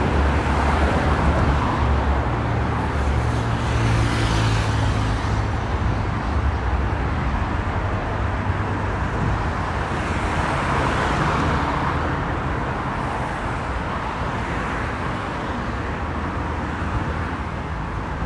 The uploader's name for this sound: Al Nadha to Al Ghurair center walking,Bus ride,Metro ride experience